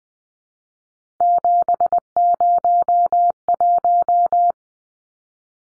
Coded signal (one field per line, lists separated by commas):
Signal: Morse code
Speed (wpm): 20 wpm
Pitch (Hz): 700 Hz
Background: none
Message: 701